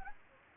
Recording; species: mosquito wingbeat signal from an infrared sensor; Anopheles gambiae